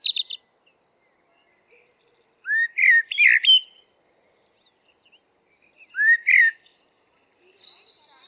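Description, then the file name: Eurasian blackbird song: two separate warbled phrases of fluty whistles and squeaky high notes, with silent pauses between. "merel zang"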